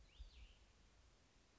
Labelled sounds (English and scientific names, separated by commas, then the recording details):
Cassin's Vireo (Vireo cassinii)
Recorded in Sonoma County, California